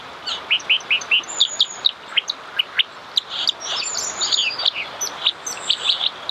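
Dipper giving sharp, high chirping calls in quick runs, with a few thin high whistles mixed in over a quiet background.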